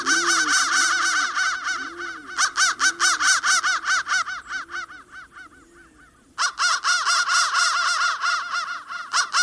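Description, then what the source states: Crow giving harsh, rapid repeated caws, mixed with slower, lower, drawn-out caw-like tones early on, then a quieter stretch before the fast cawing resumes loudly. Processed crow sound.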